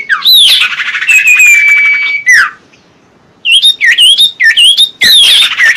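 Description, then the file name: Common iora with rich slurred whistles and a long level whistle, a brief pause, then quick looping whistled notes. Whistled song used as a lure (pancingan) for catching birds. "siulan cipo untuk pancingan"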